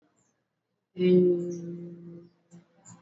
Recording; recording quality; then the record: sustained vowel as in made; excellent, no background noise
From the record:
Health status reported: exposed to COVID-19, no respiratory illness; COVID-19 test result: not tested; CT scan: not taken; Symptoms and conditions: none ticked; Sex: male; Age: 30 years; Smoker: no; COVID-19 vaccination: both doses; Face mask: worn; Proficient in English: yes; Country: India